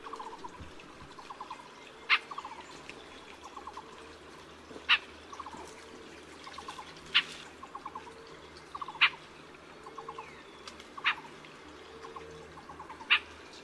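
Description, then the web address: Siberian rubythroat calls, a sharp thin note repeated every few seconds. Each note comes with a quick run of lower ticks, over constant background hiss and hum. Recorded at Yushan, Taiwan. "野鴝 Yushan"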